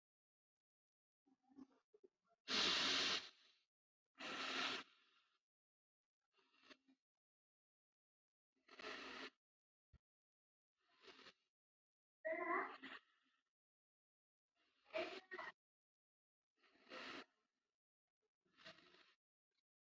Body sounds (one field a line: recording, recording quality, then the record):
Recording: deep breathing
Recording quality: excellent, no background noise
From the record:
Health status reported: healthy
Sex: male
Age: 21 years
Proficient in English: yes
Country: India